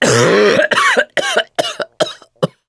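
An adult male coughs in a bout of about six coughs. The first is long and voiced, and the later ones are shorter and separated by brief pauses.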